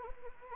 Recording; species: mosquito wingbeat signal from an infrared sensor; Anopheles arabiensis